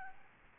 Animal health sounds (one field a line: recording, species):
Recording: mosquito wingbeat signal from an infrared sensor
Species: Aedes albopictus